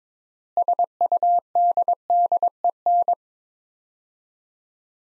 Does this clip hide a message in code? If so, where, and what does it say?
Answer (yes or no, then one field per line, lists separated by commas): yes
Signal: Morse code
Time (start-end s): 0.6-3.1 s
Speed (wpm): 22 wpm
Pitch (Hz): 700 Hz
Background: none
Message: SUDDEN